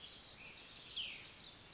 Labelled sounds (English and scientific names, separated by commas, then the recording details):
Cassin's Vireo (Vireo cassinii)
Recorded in Sonoma County, California